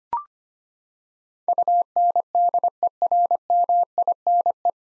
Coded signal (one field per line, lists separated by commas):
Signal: Morse code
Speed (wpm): 25 wpm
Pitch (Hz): 700 Hz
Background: none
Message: UNDERMINE